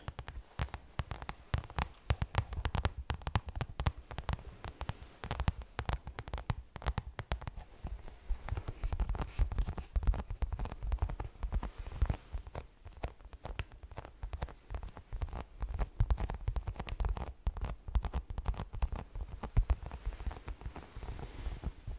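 Slow tapping, dense and irregular, a continuous patter of light knocks and clicks with low thumps, steady throughout like rain on a surface.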